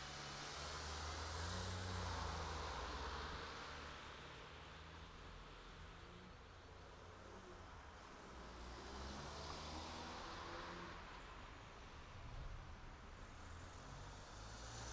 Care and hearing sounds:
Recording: everyday scene through a hearing-aid microphone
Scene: in traffic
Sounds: traffic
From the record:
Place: city secondary road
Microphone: in the ear canal, right

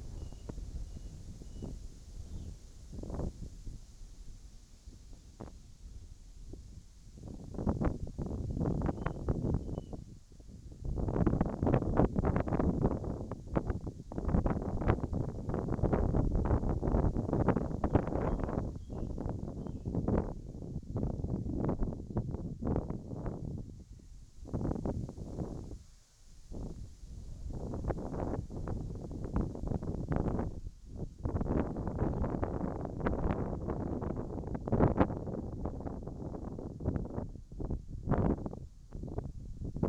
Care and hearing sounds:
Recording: everyday scene through a hearing-aid microphone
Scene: wind on the microphone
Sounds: wind, whistling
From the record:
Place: in front of a rural house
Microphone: in the ear canal, right

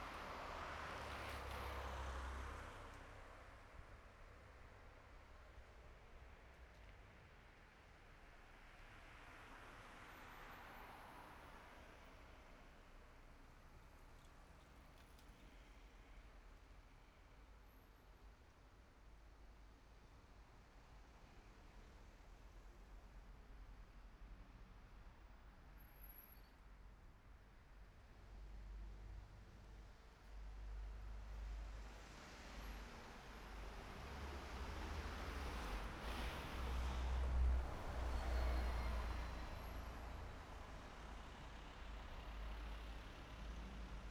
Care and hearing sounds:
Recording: everyday scene through a hearing-aid microphone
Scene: in traffic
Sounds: traffic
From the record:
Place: city secondary road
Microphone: behind the ear, right, front

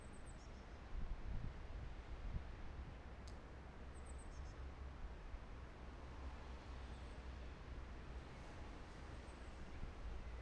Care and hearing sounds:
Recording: everyday scene through a hearing-aid microphone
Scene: wind on the microphone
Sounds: gentle breeze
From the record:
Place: parking lot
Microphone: behind the ear, right, front

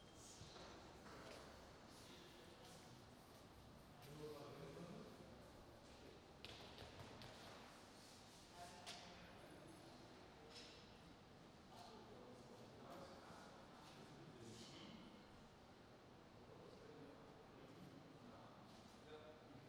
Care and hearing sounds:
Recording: everyday scene through a hearing-aid microphone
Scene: reverberant space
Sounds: background noise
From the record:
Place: railway station hall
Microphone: in the ear canal, right

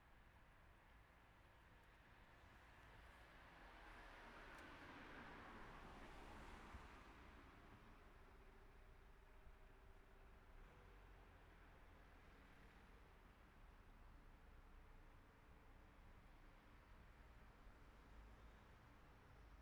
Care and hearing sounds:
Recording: everyday scene through a hearing-aid microphone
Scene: in traffic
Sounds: traffic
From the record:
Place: city secondary road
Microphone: behind the ear, right, rear

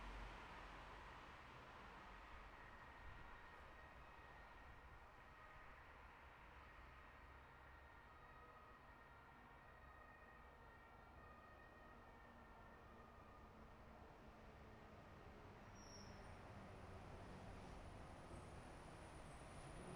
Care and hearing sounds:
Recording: everyday scene through a hearing-aid microphone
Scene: in traffic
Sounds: traffic, siren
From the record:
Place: bus stop on a city main road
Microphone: behind the ear, left, front

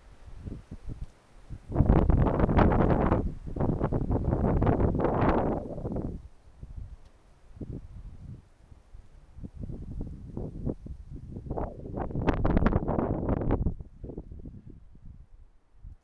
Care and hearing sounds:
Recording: everyday scene through a hearing-aid microphone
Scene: wind on the microphone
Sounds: wind, traffic, birds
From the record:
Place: suburban garden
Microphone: behind the ear, right, rear

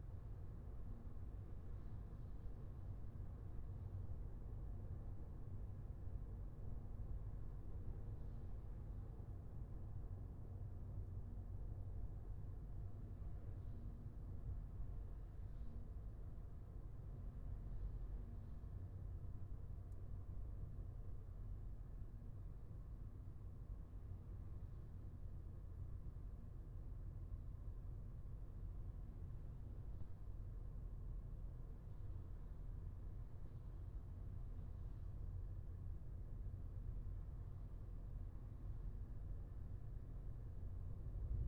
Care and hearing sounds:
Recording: everyday scene through a hearing-aid microphone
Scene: in a vehicle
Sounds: engine, highway driving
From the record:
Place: Skoda Fabia, gasoline engine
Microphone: behind the ear, left, front

